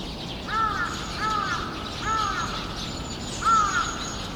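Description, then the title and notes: Birds: harsh, hoarse cawing calls, three in a quick run and a fourth after a short pause, with a thin high whistle behind. Flock of birds in the trees making noise at Sinbanpo Apartment, Jamwon-dong 85, Seocho-gu, Seoul, South Korea. "대한민국 서울특별시 서초구 잠원동 85-Sinbanpo Apt, A Flock of Birds. Sinbanpo Apt, a flock of birds making noise 신반포아파트, 나무 위의 새떼들"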